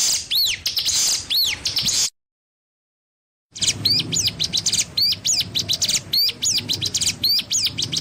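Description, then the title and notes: Streaked spiderhunter song: a couple of high, arched ringing notes, a silent break, then a quick run of sharp, bright high notes in uneven bursts. Used for training cage birds; singing actively, clear and long. "Pijantung Gunung Gacor Jernih Panjang. Masteran burung"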